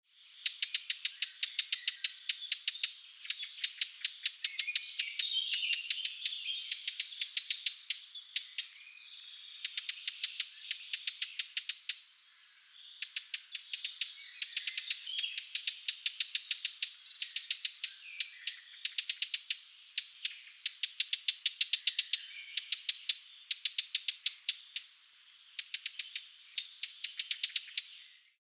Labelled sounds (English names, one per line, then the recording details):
Eurasian Blackcap
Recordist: Frommolt, Karl-Heinz
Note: Männchen: Warnrufe